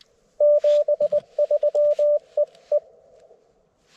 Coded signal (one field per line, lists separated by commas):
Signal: Morse code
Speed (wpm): 22 wpm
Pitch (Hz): 590 Hz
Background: none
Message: 73 EE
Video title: QRP with lousy band conditions? Let's give it a shot!